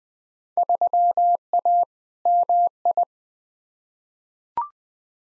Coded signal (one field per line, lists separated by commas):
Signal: Morse code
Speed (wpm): 20 wpm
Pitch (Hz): 700 Hz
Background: none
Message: 3A MI